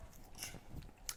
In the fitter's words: it simply slides in locks in place